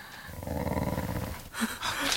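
Fierce dogs close by growl in a low, steady rumble for about a second and a half, then break into shorter, harsher snarling bursts; no one speaks.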